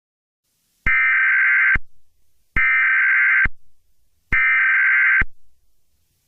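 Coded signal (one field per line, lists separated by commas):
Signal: Emergency Alert System (SAME) tones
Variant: header bursts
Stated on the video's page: Fictional EAS scenario.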